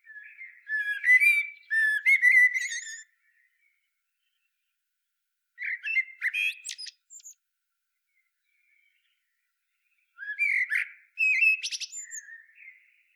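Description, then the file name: Eurasian blackbird song: three phrases, each starting with low mellow fluted whistles and ending in high, scratchy twittering, with long quiet pauses between them. "Turdus merula"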